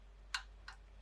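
A small click-type torque wrench set to nine pound-feet tightens a sway bar endlink bolt on the front suspension of an Integra GS-R. A faint, brief click marks the wrench reaching its setting at 0.4 s, followed by two quieter ticks at about 0.7 s and 1.0 s. The click is audible but soft rather than a satisfying snap.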